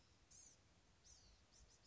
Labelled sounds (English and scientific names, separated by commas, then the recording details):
Blue-gray Gnatcatcher (Polioptila caerulea)
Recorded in Sonoma County, California